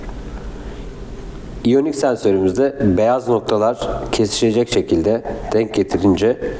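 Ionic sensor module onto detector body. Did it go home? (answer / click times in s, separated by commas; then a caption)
no / none. An ionic sensor module is handled and lined up on the body of a Ger Detect Titan Ger 400 Smart detector so that its white alignment dots meet. After a quiet stretch, someone talks from about 1.6 s to the end. Nothing has seated or clicked yet.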